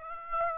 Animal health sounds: mosquito wingbeat signal from an infrared sensor; Aedes aegypti

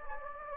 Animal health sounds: mosquito wingbeat signal from an infrared sensor; Anopheles gambiae

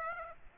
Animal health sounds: mosquito wingbeat signal from an infrared sensor; Aedes aegypti

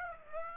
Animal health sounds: mosquito wingbeat signal from an infrared sensor; Aedes aegypti

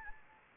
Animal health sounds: mosquito wingbeat signal from an infrared sensor; Anopheles gambiae

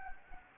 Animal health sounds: mosquito wingbeat signal from an infrared sensor; Anopheles gambiae

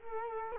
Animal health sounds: mosquito wingbeat signal from an infrared sensor; Culex quinquefasciatus

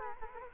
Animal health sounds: mosquito wingbeat signal from an infrared sensor; Culex quinquefasciatus

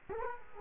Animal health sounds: mosquito wingbeat signal from an infrared sensor; Culex quinquefasciatus

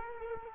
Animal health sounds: mosquito wingbeat signal from an infrared sensor; Culex quinquefasciatus

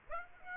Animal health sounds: mosquito wingbeat signal from an infrared sensor; Aedes aegypti

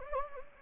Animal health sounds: mosquito wingbeat signal from an infrared sensor; Anopheles gambiae

